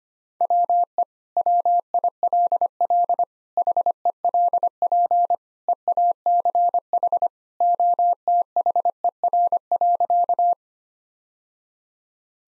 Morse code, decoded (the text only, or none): WE WILL HELP EACH OTHER.